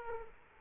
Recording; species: mosquito wingbeat signal from an infrared sensor; Aedes aegypti